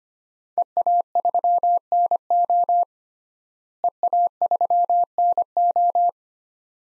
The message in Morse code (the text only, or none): EA3NO EA3NO